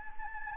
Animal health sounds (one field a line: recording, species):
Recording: mosquito wingbeat signal from an infrared sensor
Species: Anopheles gambiae